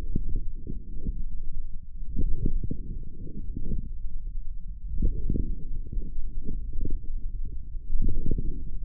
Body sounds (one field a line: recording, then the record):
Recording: forearm muscle sounds (acoustic myography)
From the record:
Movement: forearm pronation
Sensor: system 1, eight BSWA MPA416 microphones around the upper forearm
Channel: 5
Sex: male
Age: 18 years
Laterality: right